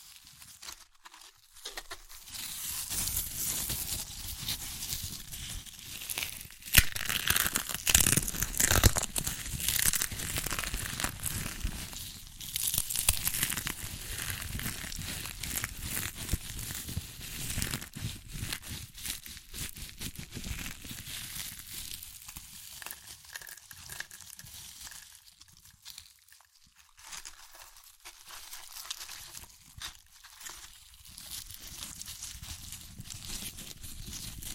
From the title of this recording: Satisfying Chips Crunchy Crushing & Eating Sounds